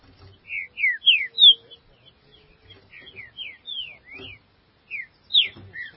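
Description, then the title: Green-winged saltator song: a run of loud, clear, downslurred whistled notes, then softer scattered whistles and a final burst of rising and falling notes. "Trinca Ferro"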